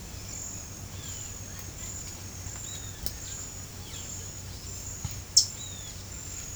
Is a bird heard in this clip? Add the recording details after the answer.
yes. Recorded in pastures near Puerto Asís, Putumayo, Colombia, on 21 March 2025 at 16:30. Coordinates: 0.497, -76.327. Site G072